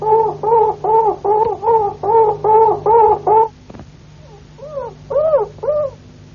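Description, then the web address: Harz roller canary song: low, hollow, bell-like notes repeated in a quick steady series, a brief pause, then softer arched rising-falling notes, over a steady low hum. "canarios cantoharz"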